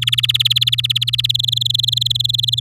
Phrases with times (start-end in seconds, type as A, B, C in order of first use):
0.02-1.32 A, 1.34-2.60 B